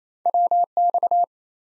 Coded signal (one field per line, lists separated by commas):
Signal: Morse code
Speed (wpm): 28 wpm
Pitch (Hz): 700 Hz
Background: none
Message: WX